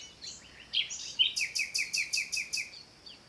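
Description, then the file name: Common nightingale song: a few slurred whistles, then a fast series of about seven identical sharp notes repeated several times per second. "Luscinia megarhynchos"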